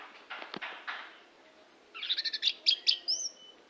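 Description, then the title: Oriental magpie-robin song: a few dry clicking notes, then a quick burst of bright, varied whistled and chattering notes near the end. "Kicau Kacer"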